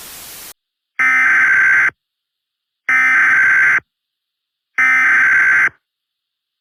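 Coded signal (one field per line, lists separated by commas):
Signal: Emergency Alert System (SAME) tones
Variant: header bursts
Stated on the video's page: Fictional EAS scenario made in Garry's Mod; the alert is simulated.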